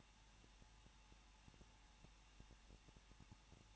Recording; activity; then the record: daily activity, microphone in the room; no activity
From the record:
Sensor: 1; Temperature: 20.1 degrees Celsius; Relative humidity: 39.1%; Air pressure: 1006.3 hPa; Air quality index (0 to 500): 217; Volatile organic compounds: 76 ppm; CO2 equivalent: 3572 ppm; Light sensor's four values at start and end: 1/2/1/1 and 1/2/1/1